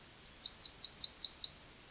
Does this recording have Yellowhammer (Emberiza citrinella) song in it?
yes